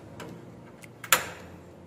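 A computer component is pushed to the left into the system unit until its latch locks. A few faint ticks and taps lead up to one sharp, bright click at 1.1 s, which fades quickly into quiet. The latch clicks locked and the part is seated.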